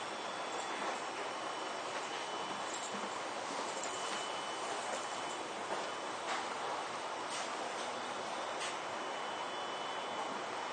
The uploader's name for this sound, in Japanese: 都営10-300形(3次車) 新線新宿〜高尾山口